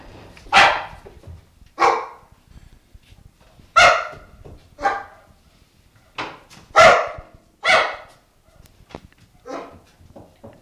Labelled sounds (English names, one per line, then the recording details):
Chimpanzee
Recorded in captivity
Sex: diverse
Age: adult
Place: Zoo Leipzig, Sachsen, DE
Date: 1966-12-03 16:30
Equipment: Uher 4200 Report Monitor, Sennheiser MD 421, Transistorverstärker 2
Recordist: Tembrock, Günter